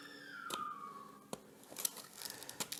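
Someone removes the plastic dust bag or collection box from an Einhell TC-OS 18/187 cordless orbital sander and pushes it back onto the outlet; it goes on a bit hard but seats fully on the first try. A descending tone fades over the first second, followed by scattered handling knocks and rustles. The bag snaps into place with a sharp click at 2.6 s.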